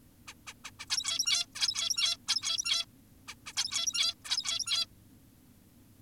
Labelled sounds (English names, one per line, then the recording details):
Zebra Finch
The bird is an adult
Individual g17y2U